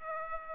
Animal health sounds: mosquito wingbeat signal from an infrared sensor; Aedes aegypti

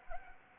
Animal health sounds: mosquito wingbeat signal from an infrared sensor; Anopheles arabiensis

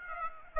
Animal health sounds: mosquito wingbeat signal from an infrared sensor; Aedes aegypti

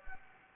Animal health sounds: mosquito wingbeat signal from an infrared sensor; Anopheles gambiae

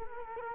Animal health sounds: mosquito wingbeat signal from an infrared sensor; Culex quinquefasciatus

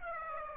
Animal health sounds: mosquito wingbeat signal from an infrared sensor; Aedes aegypti

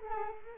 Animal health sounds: mosquito wingbeat signal from an infrared sensor; Culex quinquefasciatus

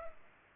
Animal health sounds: mosquito wingbeat signal from an infrared sensor; Culex pipiens

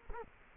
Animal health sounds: mosquito wingbeat signal from an infrared sensor; Culex quinquefasciatus

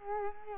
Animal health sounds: mosquito wingbeat signal from an infrared sensor; Culex quinquefasciatus

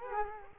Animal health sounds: mosquito wingbeat signal from an infrared sensor; Culex quinquefasciatus

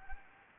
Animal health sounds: mosquito wingbeat signal from an infrared sensor; Anopheles gambiae

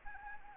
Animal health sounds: mosquito wingbeat signal from an infrared sensor; Anopheles gambiae

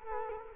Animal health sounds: mosquito wingbeat signal from an infrared sensor; Culex quinquefasciatus

